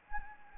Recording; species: mosquito wingbeat signal from an infrared sensor; Anopheles gambiae